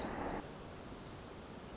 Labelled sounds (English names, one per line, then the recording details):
Pacific Wren
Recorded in Sonoma County, California